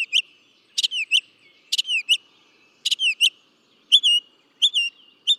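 Northern mockingbird song alternating a sharp click-like note with a slurred whistle, repeated roughly every second, later shifting to a smoother wavering whistle.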